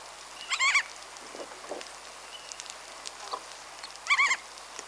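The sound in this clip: Crab-plover giving two loud, harsh, ringing calls about three and a half seconds apart, with faint softer notes between them over a background hiss.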